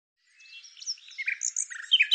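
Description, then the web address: Bird song: a short jumbled twitter of high squeaky and whistled notes that grows louder toward the end. "Deverinetal 2025"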